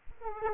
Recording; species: mosquito wingbeat signal from an infrared sensor; Aedes aegypti